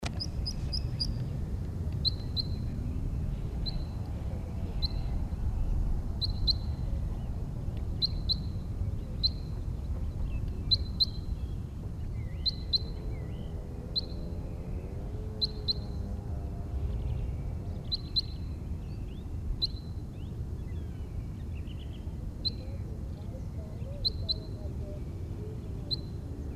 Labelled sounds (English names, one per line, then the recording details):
Red Crossbill
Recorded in the wild
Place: Garmisch-Partenkirchen, Bayern, DE
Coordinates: 47.4975, 11.1303
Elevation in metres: 1043
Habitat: mountains
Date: 1980-03-29
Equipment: Uher 4000 Report, Sennheiser MKH 815 T
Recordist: Tretzel, Erwin